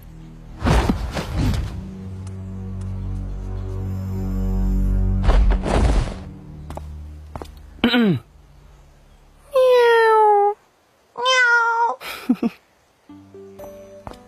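A few drawn-out cat meows with sliding, rising-and-falling pitch from the cat Da Mao (Big Cat) in the audio drama 龙图案卷集 arrive one after another, following earlier heavy thumps over a low rumbling background.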